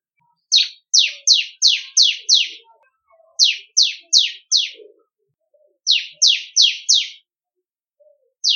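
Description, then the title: Bar-winged prinia singing short runs of sharp descending chips, up to six in a row, broken by brief silences, with faint background sounds. "Ciblek Kristal"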